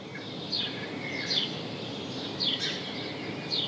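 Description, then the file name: House sparrow chirps, a handful of brief falling notes spaced unevenly against a hissy outdoor background. "Passer domesticus"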